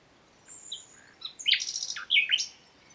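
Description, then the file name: Common nightingale: songbird phrase of thin high whistles followed by a loud burst of harsh, buzzy notes, short and varied. "Luscinia megarhynchos"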